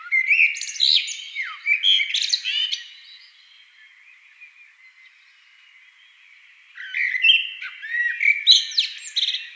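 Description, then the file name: Eurasian blackbird singing two phrases, each a low mellow warble breaking into high squeaky twitters, separated by a few quiet seconds. "amsel"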